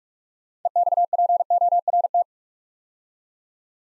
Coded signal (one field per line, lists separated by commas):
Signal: Morse code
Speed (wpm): 44 wpm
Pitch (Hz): 700 Hz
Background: none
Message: EXPORT